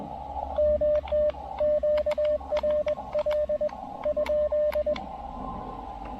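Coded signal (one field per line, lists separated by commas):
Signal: Morse code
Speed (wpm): 20 wpm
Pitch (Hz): 600 Hz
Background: radio noise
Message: MT QRL?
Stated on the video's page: Morse from a park activation in Québec on 20, 30, 17 and 15 metres with an Elecraft KX2 and Tufteln end-fed random wire antenna.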